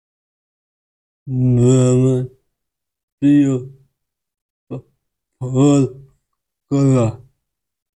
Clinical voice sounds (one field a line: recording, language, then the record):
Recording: elicited speech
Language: Bengali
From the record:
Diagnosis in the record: Broca's or global aphasia after a stroke